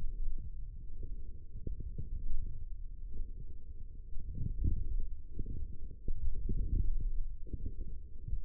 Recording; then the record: forearm muscle sounds (acoustic myography)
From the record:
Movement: forearm supination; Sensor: system 1, eight BSWA MPA416 microphones around the upper forearm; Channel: 3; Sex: male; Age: 20 years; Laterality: left